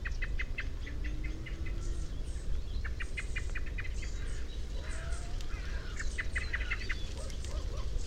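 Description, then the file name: Common blackbird calls: runs of short, sharp clicking notes repeated rapidly in several bursts, over a steady low rumbling background noise. "Turdus merula"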